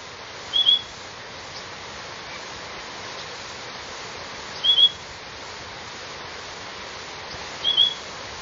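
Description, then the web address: Purple-throated euphonia calls: three brief high doubled notes spaced a few seconds apart against a soft, steady noise background. Recorded in Ecuador. "Birds of Ecuador. Purple-throated Euphonia"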